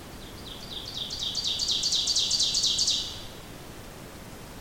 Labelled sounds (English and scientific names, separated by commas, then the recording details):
Ovenbird (Seiurus aurocapilla) song
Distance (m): 30 m
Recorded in boreal forest in Alberta, Canada, on 28 May 2016 at 07:28
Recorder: SongMeter 3, array SBT-3-49
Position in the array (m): 85 m, 154 m
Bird 15